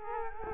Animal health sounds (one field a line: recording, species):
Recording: mosquito wingbeat signal from an infrared sensor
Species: Culex quinquefasciatus